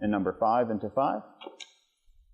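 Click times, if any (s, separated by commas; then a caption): 1.6 s. A wooden vertical marked number 5 is fitted into its matching number 5 click joint on a glass-top side table while someone talks. The joint snaps into place with a crisp click at 1.6 s, seating the piece.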